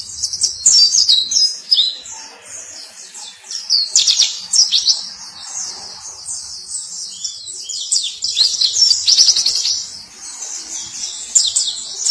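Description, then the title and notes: White-eye song, a sustained high-pitched chattering warble of quick jumbled notes, swelling in louder bursts. Sweet long song. "Kicau Burung Pleci ampuh. suara burung pleci merdu panjan"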